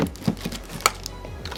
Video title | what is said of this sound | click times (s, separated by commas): Should You Buy? bonsaii 6-Sheet Cross Cut Shredder | that click if you guys heard but once you guys do set up here is basically what it looks like | 0.9 s